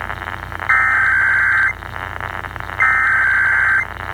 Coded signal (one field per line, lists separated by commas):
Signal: Emergency Alert System (SAME) tones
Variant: header bursts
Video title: National Periodic Test | AM Radio | Eas #53 - 54